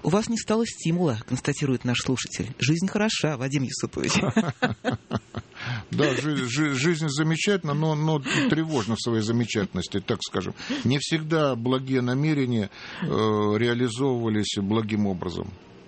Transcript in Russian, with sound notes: «У вас не стало стимула, - констатирует наш слушатель. – Жизнь хороша, Вадим Юсупович!». (смеется)
Да, жизнь замечательна, но тревожна в своей замечательности, так скажем. Не всегда благие намерения реализовывались благим образом.